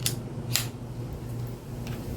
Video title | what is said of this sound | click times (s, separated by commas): Gear Review! Marchway Portable Camp Chair. Do I love it or hate it? | almost pop into place by themselves, actually. So yeah, watch out for that. | 0.1 s, 0.6 s